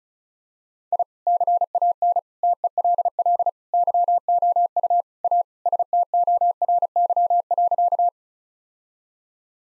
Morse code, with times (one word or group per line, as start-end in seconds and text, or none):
0.9-1.0 I
1.3-2.2 CAN
2.4-3.5 TELL
3.7-5.0 YOU
5.2-5.4 A
5.7-8.1 STORY.